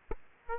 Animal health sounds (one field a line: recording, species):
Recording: mosquito wingbeat signal from an infrared sensor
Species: Aedes aegypti